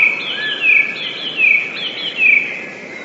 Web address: wroblowe teka 2 spiew 13. wroblowe teka modraszkoteka